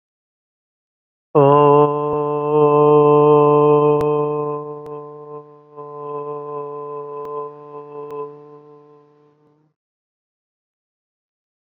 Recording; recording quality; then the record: sustained vowel as in boot; excellent, no background noise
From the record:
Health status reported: COVID-19 positive, mild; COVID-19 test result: positive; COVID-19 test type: RT-PCR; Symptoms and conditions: cough, sore throat, fatigue, muscle pain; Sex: male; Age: 23 years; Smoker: no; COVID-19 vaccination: both doses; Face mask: worn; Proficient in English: no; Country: India